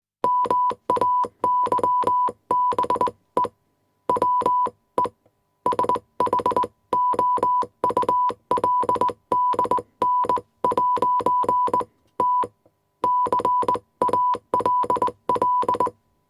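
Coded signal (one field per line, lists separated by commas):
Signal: Morse code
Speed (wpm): 20 wpm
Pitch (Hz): 990 Hz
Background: none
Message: MAYBE WE SHOULDN'T CALL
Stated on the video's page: Morse code sound effect: 1 kHz tone with key sounds, 80 letters.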